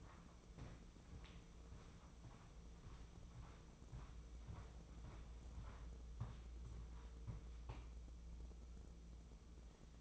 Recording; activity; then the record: daily activity, microphone in the room; walk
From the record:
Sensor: 1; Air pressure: 996.0 hPa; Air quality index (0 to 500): 240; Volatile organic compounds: 1000 ppm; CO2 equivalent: 7012 ppm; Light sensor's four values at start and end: 38/95/40/49 and 36/89/38/46